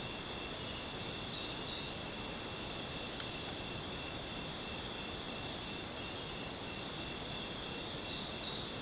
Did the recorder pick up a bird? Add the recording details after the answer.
no. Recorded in dense forest near Puerto Asís, Putumayo, Colombia, on 22 June 2025 at 20:00. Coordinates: 0.484, -76.317. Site G045